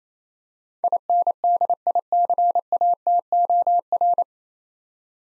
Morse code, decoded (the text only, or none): INDICATOR